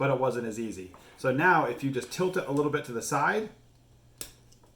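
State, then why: Seated. Someone talks, then a plastic dungeon terrain tile is tilted slightly to the side and pressed onto a plastic connector clip in the neighbouring tile. It seats with a sharp click at 4.2 s, clipping on much more easily this way.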